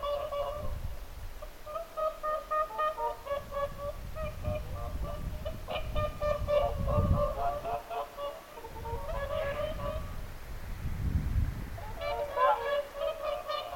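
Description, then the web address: Whooper swans giving a steady stream of overlapping trumpeting calls, with a low rumbling background noise swelling and fading throughout. Whooper swans calling at Lintulahti on 6 November 2025. "paivat 6 11 2025 laulujoutsenten aantelya lintulahdella"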